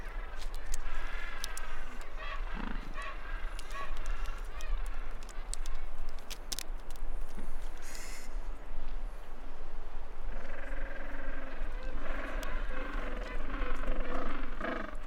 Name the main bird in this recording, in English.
Gentoo Penguin